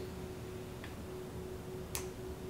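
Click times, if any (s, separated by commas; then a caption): 2.0 s. With its screw loosened, the rotating tripod collar on a Sigma 60-600mm f4.5-6.3 DG OS HSM Sport telephoto lens is turned so the camera and lens move into portrait orientation. A faint tick at about 0.8 s is followed by a sharp, bright click at 1.9 s as the collar seats in its detent, over a steady low hum. The collar is locked in the portrait position.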